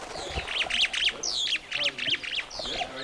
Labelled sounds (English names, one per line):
Superb Starling flight call